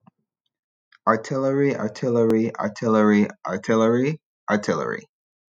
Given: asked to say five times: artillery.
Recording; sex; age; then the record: repeated word; male; 30 to 39 years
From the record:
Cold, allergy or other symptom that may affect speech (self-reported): no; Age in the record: 31 years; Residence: New York, United States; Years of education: 16